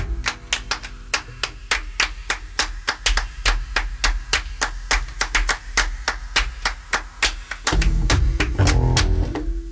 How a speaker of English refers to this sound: What's going on? Where did the clapping come from? You didn't warn us about the clapping. Oh, this is church staple.